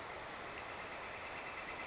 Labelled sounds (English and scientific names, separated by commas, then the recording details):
Northern Flicker (Colaptes auratus)
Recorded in Sonoma County, California